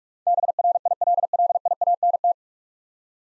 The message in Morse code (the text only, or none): BRILLIANT